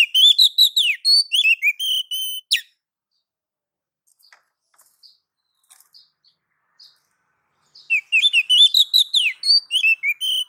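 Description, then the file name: Oriental magpie-robin calling in two bursts of varied whistled notes, separated by a near-silent pause of several seconds. Female calling the male. "Suara Kicau Burung Kacer Betina Memanggil Jantan"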